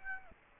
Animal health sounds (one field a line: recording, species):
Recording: mosquito wingbeat signal from an infrared sensor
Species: Aedes aegypti